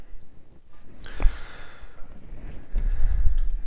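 An interface cable connector, pins facing upwards, is pushed into the socket of an aftermarket wireless CarPlay module for a Porsche 911, Cayman, Boxster, Macan, Cayenne or Panamera; it only slots in one way. Two sharp clicks are heard at 1.0 s and 1.2 s, and the connector is seated in the module.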